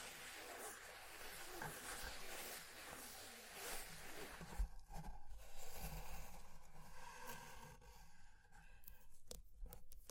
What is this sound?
Fire Crackling, Tapping, Scratching